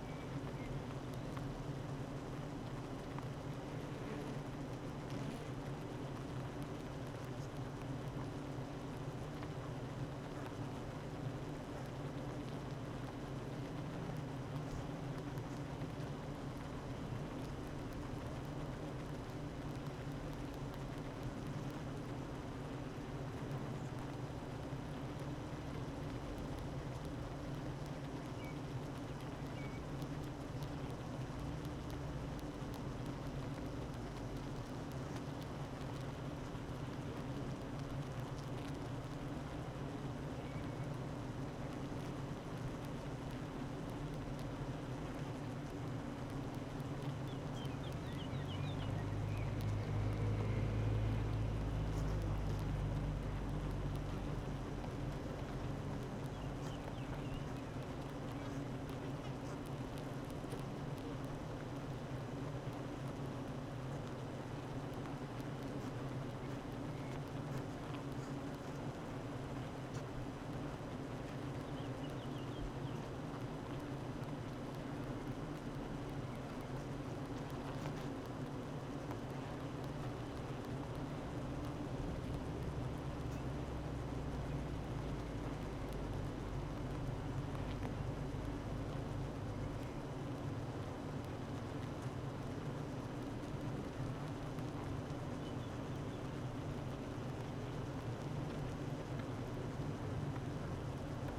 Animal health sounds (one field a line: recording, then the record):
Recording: honeybee colony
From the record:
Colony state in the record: active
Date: 12 June 2018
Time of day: 8:53